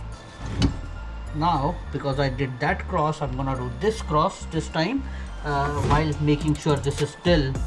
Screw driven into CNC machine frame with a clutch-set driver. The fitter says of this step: Okay. Until it clicks at setting five.